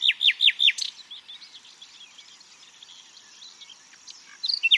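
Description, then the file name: Common nightingale song: a fast run of four loud, descending whistled notes, then faint warbling, ending with another loud burst. "Luscinia megarhynchos"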